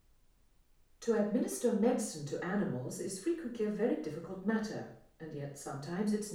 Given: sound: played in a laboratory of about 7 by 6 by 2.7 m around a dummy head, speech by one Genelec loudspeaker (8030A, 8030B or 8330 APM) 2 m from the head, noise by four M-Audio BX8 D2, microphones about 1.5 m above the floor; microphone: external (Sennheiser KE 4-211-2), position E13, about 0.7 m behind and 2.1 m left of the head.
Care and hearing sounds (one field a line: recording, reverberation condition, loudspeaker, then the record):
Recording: female speech in English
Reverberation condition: medium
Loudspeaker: 150 degrees to the right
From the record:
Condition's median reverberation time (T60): about 510 ms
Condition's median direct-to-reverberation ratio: about -0.5 dB